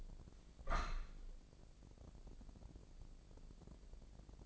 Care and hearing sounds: daily activity, microphone in the room; open window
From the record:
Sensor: 5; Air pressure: 1012.4 hPa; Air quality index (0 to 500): 162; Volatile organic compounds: 2 ppm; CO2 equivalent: 1096 ppm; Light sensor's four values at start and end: 71/170/70/74 and 70/170/70/74

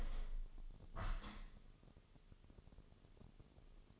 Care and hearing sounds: daily activity, microphone in the room; open window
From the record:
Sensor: 4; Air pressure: 1015.8 hPa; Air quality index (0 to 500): 93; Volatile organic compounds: 2 ppm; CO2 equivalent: 1036 ppm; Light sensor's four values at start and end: 9/20/8/7 and 9/20/8/7

